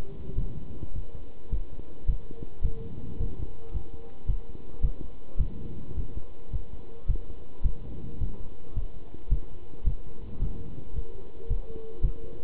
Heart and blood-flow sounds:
heart sounds by stethoscope; between the tricuspid and mitral areas; 108 bpm
0.37 s: heartbeat
0.94 s: heartbeat
1.51 s: heartbeat
2.08 s: heartbeat
2.63 s: heartbeat
3.18 s: heartbeat
3.73 s: heartbeat
4.28 s: heartbeat
4.83 s: heartbeat
5.38 s: heartbeat
5.96 s: heartbeat
6.52 s: heartbeat
7.08 s: heartbeat
7.64 s: heartbeat
8.19 s: heartbeat
8.75 s: heartbeat
9.30 s: heartbeat
9.85 s: heartbeat
10.40 s: heartbeat
10.94 s: heartbeat
11.49 s: heartbeat
12.02 s: heartbeat
From the record:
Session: pedaling a stationary bicycle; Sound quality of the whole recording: good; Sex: male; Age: 27 years

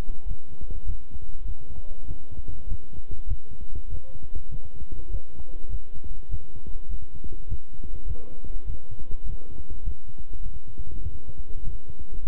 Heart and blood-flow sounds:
heart sounds by stethoscope; between the tricuspid and mitral areas; 100 bpm
0.26 s: heartbeat
0.84 s: heartbeat
1.44 s: heartbeat
2.05 s: heartbeat
2.66 s: heartbeat
3.26 s: heartbeat
3.87 s: heartbeat
4.49 s: heartbeat
5.09 s: heartbeat
5.68 s: heartbeat
6.29 s: heartbeat
6.88 s: heartbeat
7.47 s: heartbeat
8.05 s: heartbeat
8.65 s: heartbeat
9.24 s: heartbeat
9.82 s: heartbeat
10.40 s: heartbeat
11.01 s: heartbeat
11.62 s: heartbeat
12.22 s: heartbeat
From the record:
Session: walking at 3.7 km/h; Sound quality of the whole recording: good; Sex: male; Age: 26 years

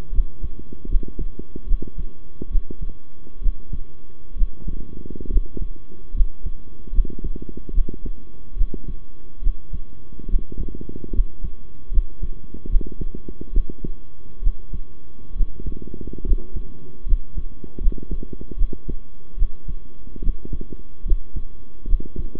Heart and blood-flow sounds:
heart sounds by stethoscope; between the tricuspid and mitral areas; 72 bpm
0.11 s: heartbeat
0.88 s: heartbeat
1.66 s: heartbeat
2.49 s: heartbeat
3.41 s: heartbeat
4.35 s: heartbeat
5.29 s: heartbeat
6.13 s: heartbeat
6.92 s: heartbeat
7.73 s: heartbeat
8.56 s: heartbeat
9.41 s: heartbeat
10.28 s: heartbeat
11.12 s: heartbeat
11.91 s: heartbeat
12.68 s: heartbeat
13.52 s: heartbeat
14.41 s: heartbeat
15.35 s: heartbeat
16.24 s: heartbeat
17.05 s: heartbeat
17.80 s: heartbeat
18.56 s: heartbeat
19.36 s: heartbeat
20.21 s: heartbeat
21.05 s: heartbeat
21.86 s: heartbeat
From the record:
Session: rest, sitting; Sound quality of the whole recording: good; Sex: male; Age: 23 years

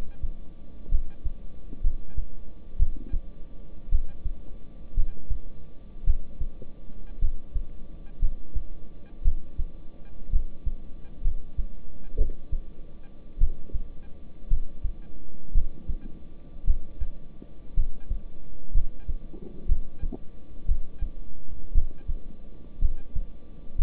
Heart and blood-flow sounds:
heart sounds by stethoscope; between the tricuspid and mitral areas; 58 bpm
0.89 s: heartbeat
1.82 s: heartbeat
2.77 s: heartbeat
3.90 s: heartbeat
4.94 s: heartbeat
6.04 s: heartbeat
7.19 s: heartbeat
8.19 s: heartbeat
9.22 s: heartbeat
10.30 s: heartbeat
11.22 s: heartbeat
12.16 s: heartbeat
13.38 s: heartbeat
14.48 s: heartbeat
15.52 s: heartbeat
16.65 s: heartbeat
17.74 s: heartbeat
18.72 s: heartbeat
19.67 s: heartbeat
20.66 s: heartbeat
21.73 s: heartbeat
22.80 s: heartbeat
23.76 s: heartbeat
From the record:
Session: rest, lying down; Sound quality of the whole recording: good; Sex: male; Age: 26 years

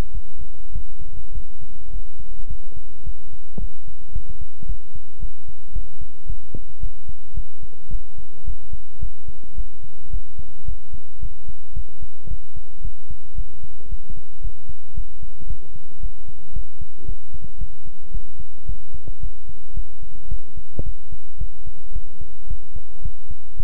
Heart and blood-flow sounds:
heart sounds by stethoscope; between the tricuspid and mitral areas; 110 bpm
0.12 s: heartbeat
0.72 s: heartbeat
1.32 s: heartbeat
1.90 s: heartbeat
2.47 s: heartbeat
3.03 s: heartbeat
3.58 s: heartbeat
4.12 s: heartbeat
4.66 s: heartbeat
5.19 s: heartbeat
5.73 s: heartbeat
6.26 s: heartbeat
6.80 s: heartbeat
7.34 s: heartbeat
7.89 s: heartbeat
8.44 s: heartbeat
8.99 s: heartbeat
9.55 s: heartbeat
10.10 s: heartbeat
10.65 s: heartbeat
11.19 s: heartbeat
11.73 s: heartbeat
12.28 s: heartbeat
12.81 s: heartbeat
13.35 s: heartbeat
13.89 s: heartbeat
14.41 s: heartbeat
14.94 s: heartbeat
15.47 s: heartbeat
16.00 s: heartbeat
16.53 s: heartbeat
17.05 s: heartbeat
17.58 s: heartbeat
18.11 s: heartbeat
18.66 s: heartbeat
19.20 s: heartbeat
19.74 s: heartbeat
20.28 s: heartbeat
20.83 s: heartbeat
21.38 s: heartbeat
21.93 s: heartbeat
22.47 s: heartbeat
23.02 s: heartbeat
23.56 s: heartbeat
From the record:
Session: pedaling a stationary bicycle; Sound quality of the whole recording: good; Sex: male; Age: 24 years

